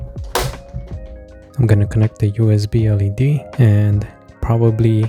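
The left plastic side cover of a game console is placed on top of the console body and slid up, snapping home with one loud click at 0.4 s. Someone talks over background music afterward.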